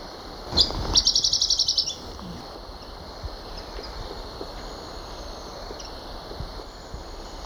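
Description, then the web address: Rufous-browed tyrannulet calling with one quick, very high stuttering trill lasting about a second, then only a continuous droning hum and faint scattered noises. Recorded in Ecuador. "Birds of Ecuador 3. Rufous-Browed Tyrannulet"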